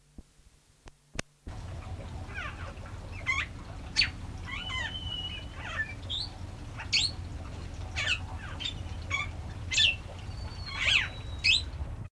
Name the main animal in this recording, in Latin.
Lamprotornis chalcurus